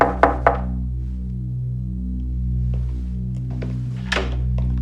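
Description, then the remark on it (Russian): Two sharp knocks on the door of room 114 in a hotel corridor ring out at the start, followed later by a few softer, scattered taps, all over a steady low electrical hum. “Он смотрит вверх и стучит еще раз.”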